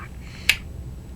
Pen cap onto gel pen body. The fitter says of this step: Clicks in place very nicely